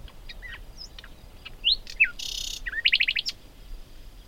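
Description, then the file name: Common nightingale song: varied phrases of slurred whistles and chirps, a harsh buzzy burst, then a fast rattling series of sharp repeated notes. "Luscinia megarhynchos"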